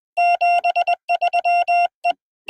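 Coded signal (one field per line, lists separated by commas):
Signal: Morse code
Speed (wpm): 21 wpm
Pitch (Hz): 690 Hz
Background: none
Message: 73 E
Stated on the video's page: Parks On The Air activation at a national wildlife refuge.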